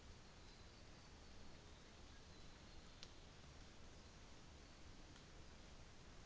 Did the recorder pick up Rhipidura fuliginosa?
no